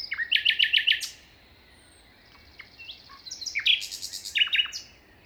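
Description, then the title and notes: Common nightingale singing a quick run of repeated notes, then varied sharp chirps and trills, over faint wind. Wild nightingale singing beside a path at 5:05 am, 21 May 2019, Plateau de Lesches en Diois, France; windy, the wind easing later; recorded in stereo on a Nagra Seven with MKH40 microphones. "Plateau de Lesches en diois. un rossignol en bord de chemin"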